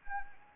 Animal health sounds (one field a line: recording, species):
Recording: mosquito wingbeat signal from an infrared sensor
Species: Anopheles arabiensis